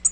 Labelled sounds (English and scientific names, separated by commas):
Tennessee Warbler (Leiothlypis peregrina) flight call